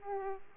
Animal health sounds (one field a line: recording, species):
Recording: mosquito wingbeat signal from an infrared sensor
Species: Aedes aegypti